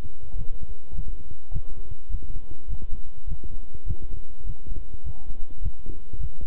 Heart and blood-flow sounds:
heart sounds by stethoscope; between the tricuspid and mitral areas; 103 bpm
0.36 s: heartbeat
0.93 s: heartbeat
1.51 s: heartbeat
2.09 s: heartbeat
2.68 s: heartbeat
3.27 s: heartbeat
3.85 s: heartbeat
4.44 s: heartbeat
5.03 s: heartbeat
5.61 s: heartbeat
6.19 s: heartbeat
From the record:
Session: walking at 3.7 km/h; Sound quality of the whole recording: good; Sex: male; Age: 26 years

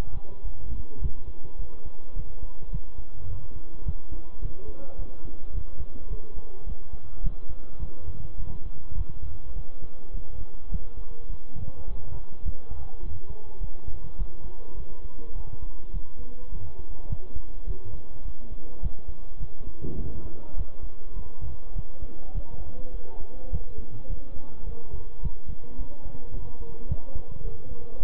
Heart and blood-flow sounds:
heart sounds by stethoscope; between the tricuspid and mitral areas; 105 bpm
0.45 s: heartbeat
1.02 s: heartbeat
1.59 s: heartbeat
2.16 s: heartbeat
2.73 s: heartbeat
3.30 s: heartbeat
3.86 s: heartbeat
4.42 s: heartbeat
4.99 s: heartbeat
5.55 s: heartbeat
6.10 s: heartbeat
6.67 s: heartbeat
7.24 s: heartbeat
7.81 s: heartbeat
8.40 s: heartbeat
8.97 s: heartbeat
9.56 s: heartbeat
10.14 s: heartbeat
10.72 s: heartbeat
11.30 s: heartbeat
11.88 s: heartbeat
12.45 s: heartbeat
13.03 s: heartbeat
13.61 s: heartbeat
14.19 s: heartbeat
14.77 s: heartbeat
15.36 s: heartbeat
15.93 s: heartbeat
16.52 s: heartbeat
17.10 s: heartbeat
17.67 s: heartbeat
18.25 s: heartbeat
18.83 s: heartbeat
19.40 s: heartbeat
19.98 s: heartbeat
20.57 s: heartbeat
21.16 s: heartbeat
21.76 s: heartbeat
22.35 s: heartbeat
22.94 s: heartbeat
23.52 s: heartbeat
24.10 s: heartbeat
24.67 s: heartbeat
25.23 s: heartbeat
25.79 s: heartbeat
26.34 s: heartbeat
26.89 s: heartbeat
27.45 s: heartbeat
28.00 s: heartbeat
From the record:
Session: bicycle stress test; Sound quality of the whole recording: good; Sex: male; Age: 23 years

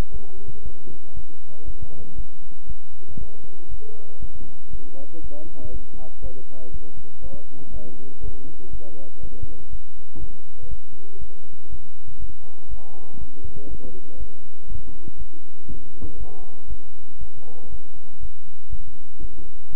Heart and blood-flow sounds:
heart sounds by stethoscope; between the tricuspid and mitral areas; 119 bpm
0.12 s: heartbeat
0.63 s: heartbeat
1.15 s: heartbeat
1.65 s: heartbeat
2.16 s: heartbeat
2.67 s: heartbeat
3.19 s: heartbeat
3.69 s: heartbeat
4.20 s: heartbeat
4.71 s: heartbeat
5.22 s: heartbeat
5.72 s: heartbeat
6.22 s: heartbeat
6.72 s: heartbeat
7.22 s: heartbeat
7.72 s: heartbeat
8.21 s: heartbeat
8.71 s: heartbeat
9.21 s: heartbeat
9.71 s: heartbeat
10.20 s: heartbeat
10.69 s: heartbeat
11.19 s: heartbeat
11.70 s: heartbeat
12.20 s: heartbeat
12.69 s: heartbeat
13.19 s: heartbeat
13.69 s: heartbeat
14.18 s: heartbeat
14.68 s: heartbeat
15.18 s: heartbeat
15.68 s: heartbeat
16.18 s: heartbeat
16.68 s: heartbeat
17.19 s: heartbeat
17.70 s: heartbeat
18.21 s: heartbeat
18.70 s: heartbeat
19.21 s: heartbeat
19.71 s: heartbeat
From the record:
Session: bicycle stress test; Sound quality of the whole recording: good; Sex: male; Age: 23 years

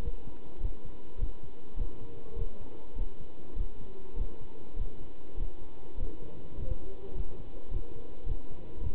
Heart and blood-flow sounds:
heart sounds by stethoscope; between the tricuspid and mitral areas; 102 bpm
0.03 s: heartbeat
0.61 s: heartbeat
1.19 s: heartbeat
1.77 s: heartbeat
2.36 s: heartbeat
2.96 s: heartbeat
3.56 s: heartbeat
4.17 s: heartbeat
4.77 s: heartbeat
5.38 s: heartbeat
5.98 s: heartbeat
6.58 s: heartbeat
7.15 s: heartbeat
7.72 s: heartbeat
8.27 s: heartbeat
8.81 s: heartbeat
From the record:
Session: pedaling a stationary bicycle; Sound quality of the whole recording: good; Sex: male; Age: 27 years

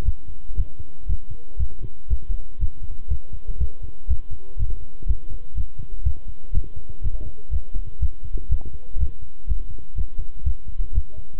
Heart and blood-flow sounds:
heart sounds by stethoscope; between the tricuspid and mitral areas; 121 bpm
0.05 s: heartbeat
0.57 s: heartbeat
1.08 s: heartbeat
1.59 s: heartbeat
2.10 s: heartbeat
2.60 s: heartbeat
3.10 s: heartbeat
3.60 s: heartbeat
4.09 s: heartbeat
4.59 s: heartbeat
5.08 s: heartbeat
5.57 s: heartbeat
6.05 s: heartbeat
6.54 s: heartbeat
7.03 s: heartbeat
7.52 s: heartbeat
8.01 s: heartbeat
8.51 s: heartbeat
9.00 s: heartbeat
9.48 s: heartbeat
9.97 s: heartbeat
10.45 s: heartbeat
10.94 s: heartbeat
From the record:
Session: walking at 3.7 km/h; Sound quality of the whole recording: good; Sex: male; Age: 25 years

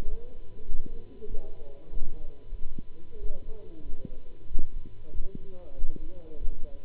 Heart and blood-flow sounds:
heart sounds by stethoscope; between the tricuspid and mitral areas; 95 bpm
0.07 s: heartbeat
0.67 s: heartbeat
1.28 s: heartbeat
1.91 s: heartbeat
2.48 s: heartbeat
3.20 s: heartbeat
3.83 s: heartbeat
4.49 s: heartbeat
5.12 s: heartbeat
5.76 s: heartbeat
6.39 s: heartbeat
From the record:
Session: Bruce protocol treadmill stress test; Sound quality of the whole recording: good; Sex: male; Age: 26 years

